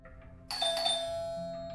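A doorbell rings once at 7 in the morning with a bright, sudden chime that sustains and slowly fades, its clear tonal ring standing out over faint background noise.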